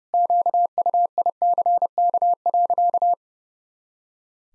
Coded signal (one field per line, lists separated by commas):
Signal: Morse code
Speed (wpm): 30 wpm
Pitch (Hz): 700 Hz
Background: none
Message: QUICK.